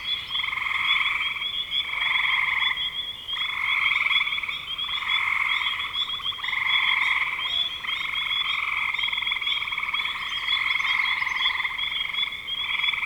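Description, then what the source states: Frog chorus of overlapping trills in repeated bursts separated by brief gaps, with a constant high buzzing note underneath. Spring 2025.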